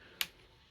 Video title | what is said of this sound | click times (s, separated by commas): Gibson Les Paul Robot Guitars- Why Do So Many Players HATE them? | and you can hear that click and then you can use it as a regular tuner and then you're going to push those in | 0.2 s